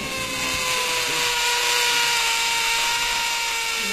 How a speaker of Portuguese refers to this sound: É, deixa eu pegar aqui a furadeira. Deixa eu furar aqui o mano. Dá uma furada no mano.